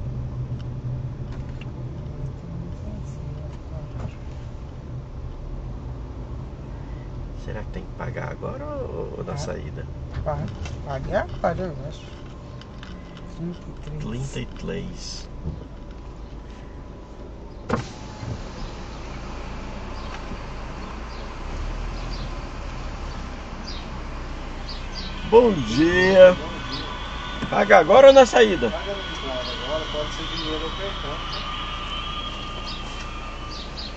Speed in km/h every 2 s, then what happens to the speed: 13, 9, 9, 11, 11, 7, 0, 0, 0, 0, 4, 4, 0, 0, 0, 0, 0.
0-8 steady at about 11. 8-12 slows to 0. 12-18 standing. 18-23 steady at about 4. 23-34 standing.